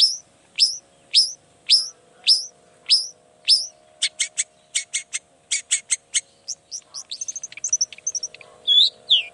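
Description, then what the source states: Long-tailed shrike song: repeated sharp high notes, switching to rapid buzzy clicks, then varied twittering. Singing actively in the morning with 'toet toet' sound variations; said to make any other long-tailed shrike answer at once and start singing.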